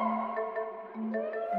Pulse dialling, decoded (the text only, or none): none